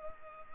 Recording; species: mosquito wingbeat signal from an infrared sensor; Culex pipiens